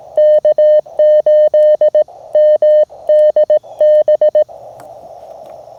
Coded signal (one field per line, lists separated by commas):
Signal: Morse code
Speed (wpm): 17 wpm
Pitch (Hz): 610 Hz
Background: none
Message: K8MDB